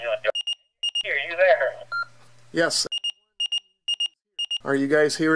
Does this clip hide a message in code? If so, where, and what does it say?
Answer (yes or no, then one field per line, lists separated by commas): no